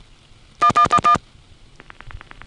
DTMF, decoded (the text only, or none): 1111